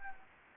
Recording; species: mosquito wingbeat signal from an infrared sensor; Anopheles gambiae